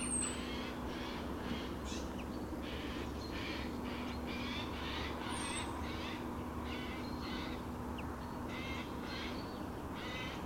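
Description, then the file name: Eurasian jay giving harsh, rasping calls repeated in a steady series throughout, over a constant low hum and background noise. "Garrulus glandarius"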